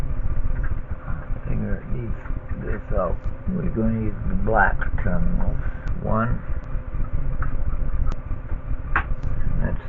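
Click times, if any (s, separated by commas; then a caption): 7.4 s, 9.0 s. A RAM stick is pressed into one of the black DIMM slots next to the processor on a motherboard while someone talks. Two sharp clicks sound at 7.4 s and 9.0 s as the memory module seats in the slot.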